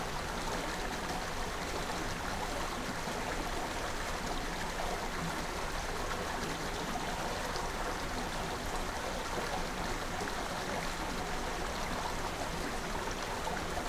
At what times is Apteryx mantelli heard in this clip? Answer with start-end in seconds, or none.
none